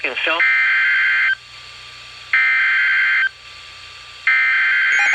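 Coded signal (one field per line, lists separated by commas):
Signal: Emergency Alert System (SAME) tones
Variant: header bursts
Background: speech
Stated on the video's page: Severe Thunderstorm Warning from NWS Charleston, WV, received on a WR-100 weather radio.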